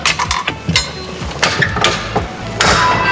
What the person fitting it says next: You hear that clicking noise and it locks into place.